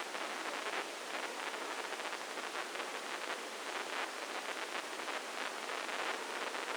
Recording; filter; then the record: brain microelectrode recording played as sound; spike band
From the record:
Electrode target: subthalamic nucleus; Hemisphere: left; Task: reaching with the right hand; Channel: 1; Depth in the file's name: 2.062 mm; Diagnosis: Parkinson's disease